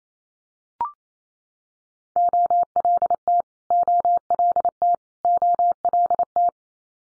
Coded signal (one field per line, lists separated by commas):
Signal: Morse code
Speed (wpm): 28 wpm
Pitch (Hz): 700 Hz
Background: none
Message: OLT OLT OLT